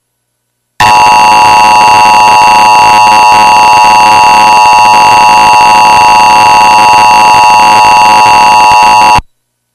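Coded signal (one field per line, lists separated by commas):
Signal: Emergency Alert System (SAME) tones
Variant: 853 and 960 Hz attention tone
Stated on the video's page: Mock EAS scenario that uses valid EAS tones.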